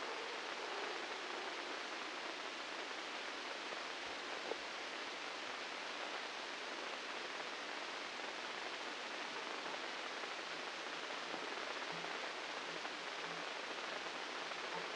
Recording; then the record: brain microelectrode recording played as sound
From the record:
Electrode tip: inside the subthalamic nucleus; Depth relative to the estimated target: -3 mm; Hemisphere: right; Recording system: NeuroSet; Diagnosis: Parkinson's disease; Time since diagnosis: 9 years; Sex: female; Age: 51 years